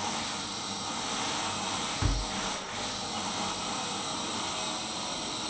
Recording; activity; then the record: daily activity, microphone in the room; vacuum cleaning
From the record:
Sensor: 3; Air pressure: 999.2 hPa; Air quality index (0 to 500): 203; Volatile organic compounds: 50 ppm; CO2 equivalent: 3301 ppm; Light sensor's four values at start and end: 7/17/7/6 and 7/17/7/6